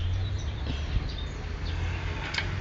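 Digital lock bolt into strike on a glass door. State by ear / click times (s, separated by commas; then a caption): seated / 2.4 s. A Chooze GL5 digital lock on a frameless double glass door is closed, and its bolt engages the strike with a single sharp click at 2.4 s, latching the door locked. Before the click there is a steady low background hum and some faint, scattered high-pitched sounds.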